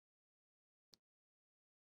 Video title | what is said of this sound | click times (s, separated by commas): Hcalory toolbox diesel heater - swapping IEC to XT60 - test/review - audio fixed | click into place there we go clicks into place and | 0.9 s